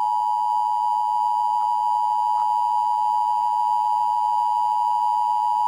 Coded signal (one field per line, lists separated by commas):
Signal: Emergency Alert System (SAME) tones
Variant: 853 and 960 Hz attention tone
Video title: Caillou Hacks the Emergency Alert System/Grounded